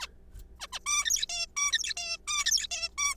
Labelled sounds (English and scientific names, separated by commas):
Zebra Finch (Taeniopygia guttata)